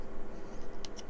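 A small plastic anti-icing spray nodule with a D-shaped peg is pushed with heat-shrink-covered tweezers into a hole at the front of a diecast model canopy. A sharp tick is heard at 0.8 seconds over a low background, but the nodule is only partly seated and not fully pushed in.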